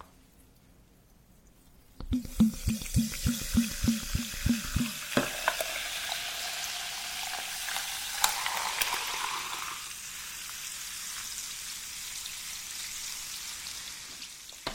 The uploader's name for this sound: make matcha milk almond cookies hazelnut cake